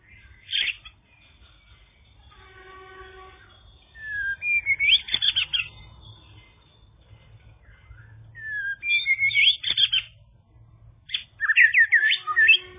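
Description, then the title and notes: Bird chirping and whistling in varied bursts, sharp rising and falling notes and quick trills, pausing between phrases over a low steady hum. "Bird Sound. Kicau Burung Lengkap"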